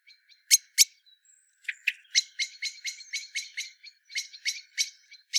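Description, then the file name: Common blackbird giving sharp, high chinking calls, two loud notes then a faster run of clipped chinks with brief pauses. "Turdus merula"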